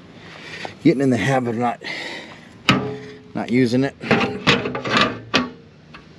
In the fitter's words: it snaps into place right there